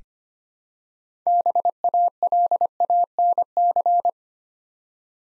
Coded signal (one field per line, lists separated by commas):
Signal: Morse code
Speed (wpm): 25 wpm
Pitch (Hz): 700 Hz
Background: none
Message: BALANC